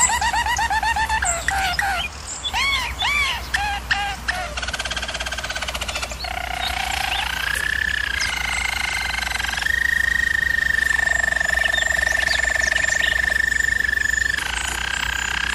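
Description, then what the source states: German Roller canary starting with quick curved whistles and chips, then settling into long, smooth rolling trills on a steady pitch. German Roller canary singing, from a canary training video.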